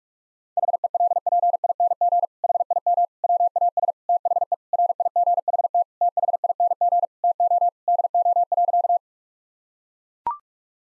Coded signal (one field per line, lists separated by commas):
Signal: Morse code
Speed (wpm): 41 wpm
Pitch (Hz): 700 Hz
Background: none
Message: HELPING HIM WAS THE RIGHT THING TO DO.